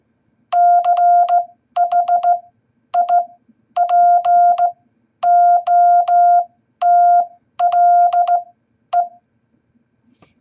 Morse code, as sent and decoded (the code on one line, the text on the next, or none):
-.-. .... .. .--. --- - .-.. .
CHIPOTLE